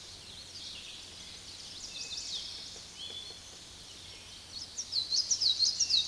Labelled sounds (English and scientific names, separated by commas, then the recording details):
Chestnut-sided Warbler (Setophaga pensylvanica) song
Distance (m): 50 m
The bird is about level with the microphone
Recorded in a Pennsylvania forest on 16 May 2024 at 06:33
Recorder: AudioMoth, point MSD-2306
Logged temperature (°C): 15.6 °C
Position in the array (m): 16 m, 25 m